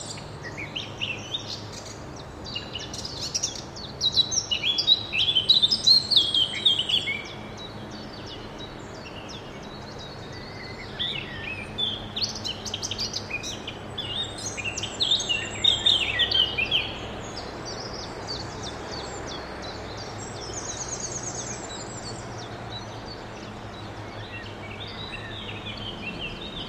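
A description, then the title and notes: Birds chirp and trill in bright bursts around five to seven and fifteen to seventeen seconds over a steady low outdoor rumble. Relaxing ambient sound recording, Entspannende Naturklänge. Soundwalk. Rain hath swept through the northern Black Forest for the last few days. After every rain comes a dry day and so I went back into the forest to capture a nice soundscape.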